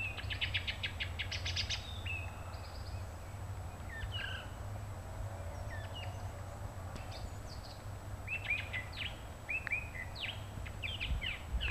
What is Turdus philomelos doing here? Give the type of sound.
song